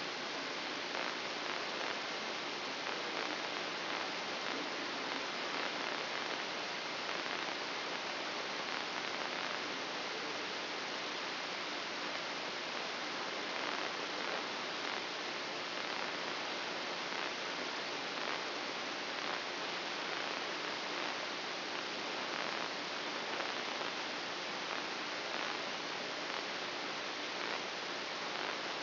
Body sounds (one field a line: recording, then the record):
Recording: brain microelectrode recording played as sound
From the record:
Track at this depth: outside the subthalamic nucleus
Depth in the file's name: 7.104 mm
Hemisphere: left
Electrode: 2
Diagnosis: Parkinson's disease